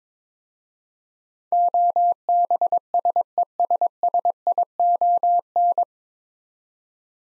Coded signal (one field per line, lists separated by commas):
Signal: Morse code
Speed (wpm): 22 wpm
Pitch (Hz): 700 Hz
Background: none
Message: OBSESSION